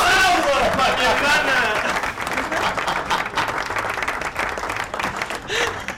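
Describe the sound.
An applause sound effect played on a radio show: dense applause from a crowd, a steady wash of many hands clapping at once, with cheering voices rising over it at the start before settling into continuous clapping.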